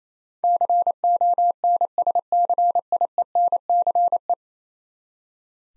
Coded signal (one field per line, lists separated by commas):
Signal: Morse code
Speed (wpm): 27 wpm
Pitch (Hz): 700 Hz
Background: none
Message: CONSCIENCE